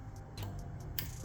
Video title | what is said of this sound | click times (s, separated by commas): 2023-2025 JEEP COMPASS LT (2.0L GME T4) Replace Spark Plugs and Coils | I'm going to attach the electrical connector and listen for the click. | 1.0 s